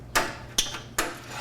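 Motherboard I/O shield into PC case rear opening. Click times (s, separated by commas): 0.6 s, 1.0 s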